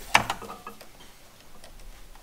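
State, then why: Seated. The third raptor light's plastic connector is pushed into the wiring harness behind the grille of a 5th Gen 4Runner's replica TRD Pro grille. A sharp little click at 0.2 s shows it seated, unlike the earlier plugs that locked without an audible click. A softer tick follows at 0.3 s, then quiet handling noise.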